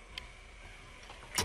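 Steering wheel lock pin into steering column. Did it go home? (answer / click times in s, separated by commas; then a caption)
yes / 0.2 s. On a Toyota Avanza with the key off, the steering wheel is turned until the steering lock pin engages the steering column with a sharp click at 0.2 s. This locks the wheel in place so the switch can be removed. A louder, broader sound follows at about 1.4 s over a steady low background hum.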